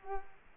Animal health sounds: mosquito wingbeat signal from an infrared sensor; Culex quinquefasciatus

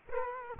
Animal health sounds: mosquito wingbeat signal from an infrared sensor; Culex quinquefasciatus

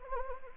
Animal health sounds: mosquito wingbeat signal from an infrared sensor; Anopheles gambiae

